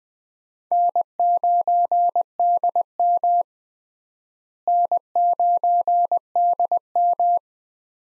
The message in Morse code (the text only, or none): N9DM N9DM